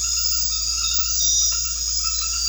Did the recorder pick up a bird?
no